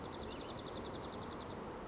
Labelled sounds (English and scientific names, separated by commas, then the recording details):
Dark-eyed Junco (Junco hyemalis)
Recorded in Sonoma County, California